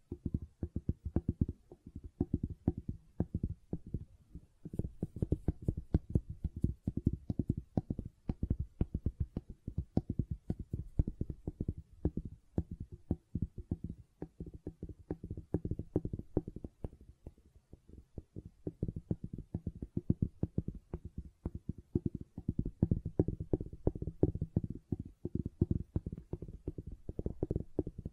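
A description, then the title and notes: Gentle silicone sounds made of rapid, soft tapping and squishing that runs continuously for the whole stretch. The taps are dense and fairly irregular, mostly low and muffled, with occasional brighter clicks. A brief lull comes around seventeen seconds before the tapping picks up again. ASMR Gentle Silicon Sounds for Sleep (No Talking).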